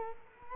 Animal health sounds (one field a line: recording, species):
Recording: mosquito wingbeat signal from an infrared sensor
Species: Culex quinquefasciatus